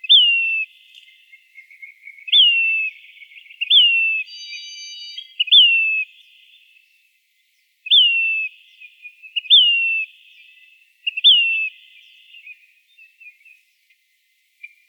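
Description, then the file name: Say's phoebe repeating its high, falling whistled call about seven times at uneven intervals; a brief ringing, tonal sound from another source intrudes once midway. Recorded in Arizona. "SAPH 3 deviche"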